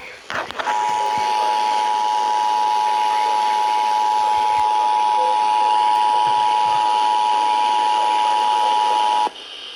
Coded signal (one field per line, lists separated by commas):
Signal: Emergency Alert System (SAME) tones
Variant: 853 and 960 Hz attention tone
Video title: STAR SPANGLED STORMS... EAS Alerts from 7/2/22 (EAS #1,042-1,056)